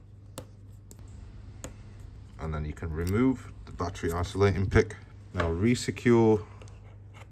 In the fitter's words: you should get a little clicking sound once they're in place same again with your LCD cables